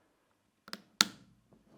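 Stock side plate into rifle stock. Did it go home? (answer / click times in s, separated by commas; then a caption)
yes / 1.0 s. The side plate of an SSG11 airsoft rifle stock is put back and pressed into the stock, with a couple of faint ticks around 0.7 s. It snaps home with a sharp, loud click at 1.0 s, and the plate is seated in place.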